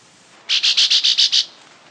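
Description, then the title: Chestnut-bellied euphonia, seven short, high ringing notes given in a rapid even run, over faint background noise. "LuckyPassaro Completos2Sama. Chestnut-bellied Euphonia (Euphonia pectoralis)"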